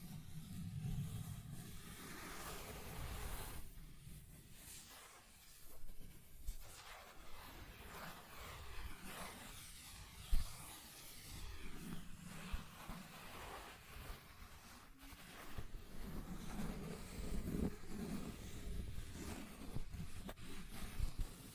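Scratching and tracing sounds run through the whole stretch, a dense, uneven rasp with a low rumbling underlayer that swells and fades. Short strokes come in irregular bursts, with a sharp click just after ten seconds and steady hiss behind everything.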